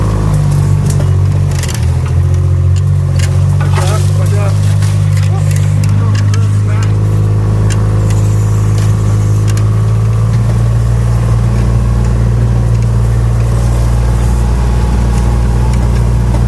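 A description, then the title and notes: A vehicle drives off-road and then onto an old road, its engine a loud, steady low drone throughout that shifts pitch slightly around six seconds. Clicks, knocks and rattles from the rough ground come through often, with a brief voice near the start. Going off-road and then on an old road at the Land of Clear Abiding.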